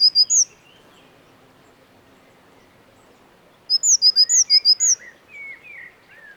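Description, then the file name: Eurasian blue tit calling: a brief burst of high thin notes, then a quick run of several sharp high notes followed by lower, slurred chirps over quiet background. "Cyanistes caeruleus"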